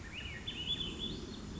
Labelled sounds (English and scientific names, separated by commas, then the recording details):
Swainson's Thrush (Catharus ustulatus)
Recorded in Sonoma County, California